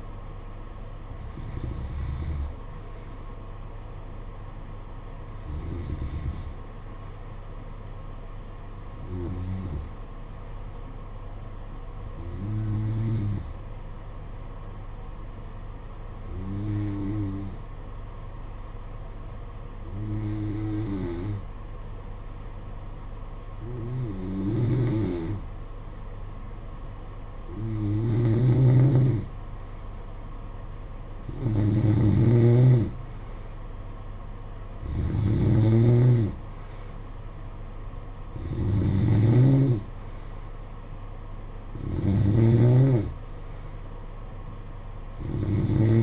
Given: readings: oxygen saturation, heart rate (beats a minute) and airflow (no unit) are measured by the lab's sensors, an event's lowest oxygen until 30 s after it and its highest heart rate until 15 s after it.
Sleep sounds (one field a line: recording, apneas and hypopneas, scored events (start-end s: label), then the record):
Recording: breathing in sleep by a smartphone at the bedside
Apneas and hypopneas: 1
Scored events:
9.00-32.00 s: hypopnea (N2, oxygen 94% highest, then 90% lowest, heart rate 52 at the start, 58 highest)
From the record:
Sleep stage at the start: N2 (light sleep)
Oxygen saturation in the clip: 90 to 94%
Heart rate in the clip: 51 to 58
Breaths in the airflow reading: 12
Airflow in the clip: -10.2 to 6.8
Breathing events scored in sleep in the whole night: 476 in 9.7 hours asleep